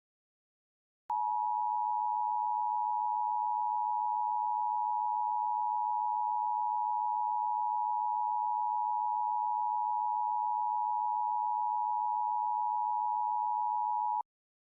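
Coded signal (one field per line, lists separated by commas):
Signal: Emergency Alert System (SAME) tones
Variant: 853 and 960 Hz attention tone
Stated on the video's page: Fictional EAS scenario, simulated alert.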